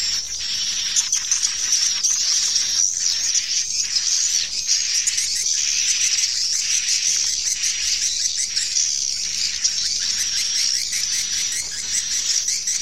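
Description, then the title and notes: Swiftlets chirping in a dense, continuous high twittering chorus, with a steady high tone running underneath and irregular soft bursts throughout. Farmed swiftlets, Asia. "Swiflet Bird Sound. Farming Swiflet Bird asia sound"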